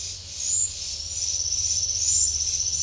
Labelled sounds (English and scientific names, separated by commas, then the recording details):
none
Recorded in secondary vegetation near Puerto Asís, Putumayo, Colombia, on 28 February 2025 at 11:30
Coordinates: 0.498, -76.327
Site G001